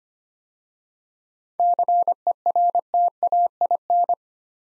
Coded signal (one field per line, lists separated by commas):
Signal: Morse code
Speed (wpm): 25 wpm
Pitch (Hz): 700 Hz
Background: none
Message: CERTAIN